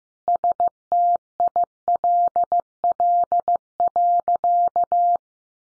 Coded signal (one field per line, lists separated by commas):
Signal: Morse code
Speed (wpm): 14 wpm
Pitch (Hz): 700 Hz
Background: none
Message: STILL.